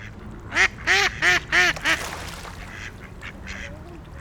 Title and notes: Patos Viena. Este es el momento en el cual en un parque de Viena damos comida a unos patos que encontramos en un lago